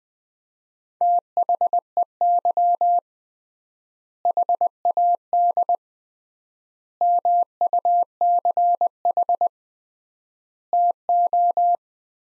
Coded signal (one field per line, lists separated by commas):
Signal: Morse code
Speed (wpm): 20 wpm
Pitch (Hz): 700 Hz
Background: none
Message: THEY HAD MUCH TO